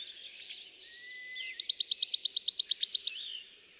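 Bachman's sparrow song: a long, pure whistled note followed by a quick run of repeated trill notes. A faint twittering comes before it.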